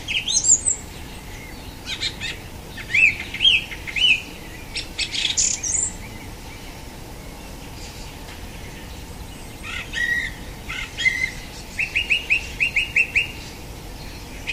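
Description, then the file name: Song thrush song: varied squeaky and scratchy phrases, then a series of short repeated whistled notes near the end. "Golosa ptic - Pevchij drozd"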